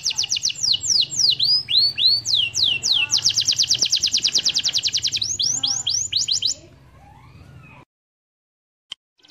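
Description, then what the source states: Canary singing fast rolling trills and looping swept notes, repeated several times a second, ending abruptly before a pause. Master song of a canary, used for training other birds.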